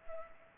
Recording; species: mosquito wingbeat signal from an infrared sensor; Culex pipiens